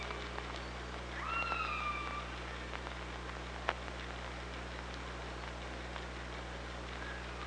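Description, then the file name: Killer whale call: one harmonic tone that slides slowly downward over about a second, followed by background hiss and a single sharp click. OrcaLab hydrophone, 24 August 2017. "Orca Lab 20170824"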